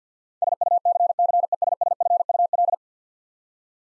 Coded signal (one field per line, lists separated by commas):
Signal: Morse code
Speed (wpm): 50 wpm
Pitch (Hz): 700 Hz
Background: none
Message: SUCCESSFUL